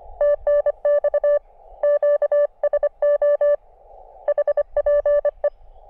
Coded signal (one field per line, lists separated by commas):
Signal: Morse code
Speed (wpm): 25 wpm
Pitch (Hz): 580 Hz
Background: none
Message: TNX QSO HPE